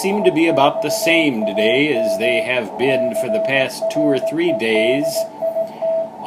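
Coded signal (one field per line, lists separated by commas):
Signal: Morse code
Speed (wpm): 18 wpm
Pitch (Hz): 650 Hz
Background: speech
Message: EXAM CREDIT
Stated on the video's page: Band watch on 14 to 50 MHz with so-so conditions and a surprise on 24 MHz.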